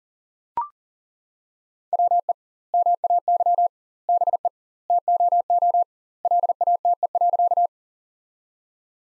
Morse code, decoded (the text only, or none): WE MAY BE TOO LATE.